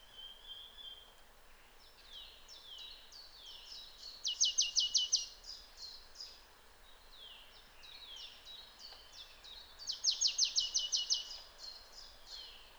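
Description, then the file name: Marsh Tit calling in two bouts, each a series of soft high notes building to a loud, quick burst of sharp repeated notes, with quieter calling between them. "Poecile palustris"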